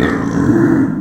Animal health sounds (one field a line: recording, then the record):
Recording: squeal of a Yucatan mini pig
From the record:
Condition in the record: after surgery on the right vocal fold (resection and tissue-engineered implant)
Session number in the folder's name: 4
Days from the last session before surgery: 26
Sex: female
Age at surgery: 19 weeks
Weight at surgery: 25 kg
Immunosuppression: prednisolone